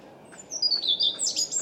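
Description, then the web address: European robin song: thin high whistles sliding downward, then a quick tumbling phrase of bright sparkling notes, over a steady low background hum. "Deverinetal 2025 Bird Only Er Ru"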